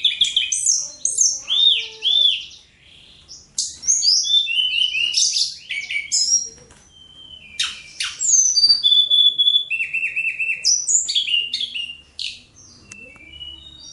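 Bird song of varied high phrases: repeated arched whistles, sharp chirps, descending slurs and quick trills, with brief pauses between sections.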